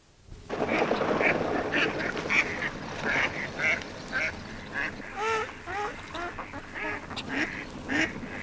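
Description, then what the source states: Several ducks quacking, with overlapping nasal quacks and chatter repeated throughout over steady background noise. On a pond.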